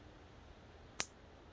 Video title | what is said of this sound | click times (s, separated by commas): Showing my new lift and KE102 engine work lots of tech | hear that click that click means that's installed correctly okay | 1.0 s